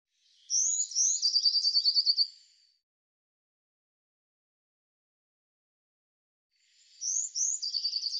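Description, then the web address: Eurasian blue tit calls, two rising high notes followed by a rapid even trill, heard twice with a long quiet gap between. "cianscape birddata Deverinetal 2025 File cleaned normalized Bird Cy Ca"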